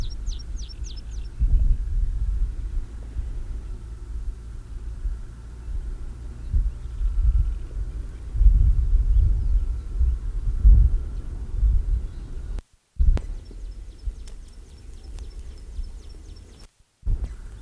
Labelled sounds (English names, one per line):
Meadow Pipit song